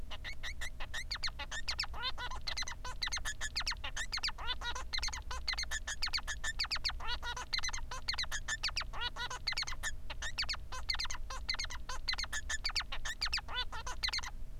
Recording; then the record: song of a male Bengalese finch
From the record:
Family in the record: son of father 3